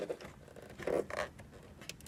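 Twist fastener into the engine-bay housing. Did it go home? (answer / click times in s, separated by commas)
no / none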